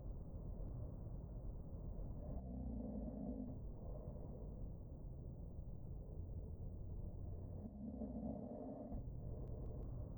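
Snoring from an adult sleeper, heard muffled through soundproofing: low, rumbling snore sounds with little high-frequency content.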